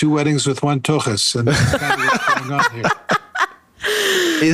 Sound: laughing